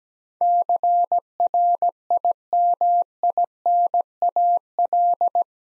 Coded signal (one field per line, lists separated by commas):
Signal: Morse code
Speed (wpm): 17 wpm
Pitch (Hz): 700 Hz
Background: none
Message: CRIMINAL